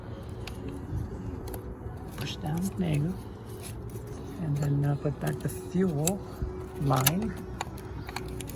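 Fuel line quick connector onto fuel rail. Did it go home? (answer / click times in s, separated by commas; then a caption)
no / none. Someone talks while handling the fuel line quick-connect fitting on a Fiat Abarth during an E85 conversion, preparing to push it back onto the fuel rail. A few brief, sharp ticks and faint handling noises sound under the voice. The clip ends before the connector goes home, so nothing has seated or clicked yet.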